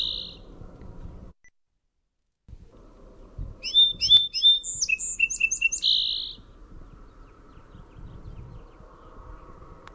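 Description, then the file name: Song sparrow: a short buzzy note, a brief silence, then a full song of three introductory notes, a rapid trill of short notes and a buzzy ending, amid soft background noise. "SOSP song"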